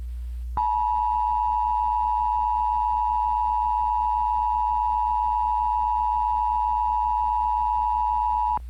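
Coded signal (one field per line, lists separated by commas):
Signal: Emergency Alert System (SAME) tones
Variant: 853 and 960 Hz attention tone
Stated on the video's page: Requested mock EAS alert, simulated nuclear power plant warning closely recreating a scene from another fictional scenario.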